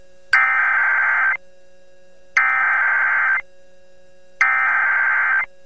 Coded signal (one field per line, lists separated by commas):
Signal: Emergency Alert System (SAME) tones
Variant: header bursts